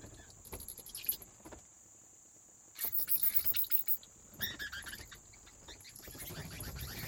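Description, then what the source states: Bat wing flaps, soft rapid fluttering bursts around three and four and a half seconds, over a steady high tone. Bats' wing flaps in a cave habitat.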